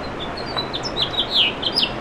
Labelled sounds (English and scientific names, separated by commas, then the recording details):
House Finch (Haemorhous mexicanus) song
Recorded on Long Island, New York, on 7 June 2011
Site MV
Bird B